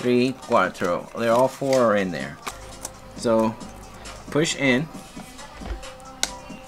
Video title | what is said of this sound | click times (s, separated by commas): Non backlit to a backlit Keyboard laptop replacement upgrade on a Dell Precision 7510 | you hear that click well maybe not because i'm listening to music but you push down on the and | 6.2 s